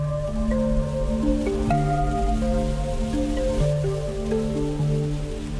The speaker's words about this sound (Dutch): Ik had expres mijn paraplu niet meegenomen uit Nederland en nu regent het ineens en hard. Dus we wachten nog even in de auto.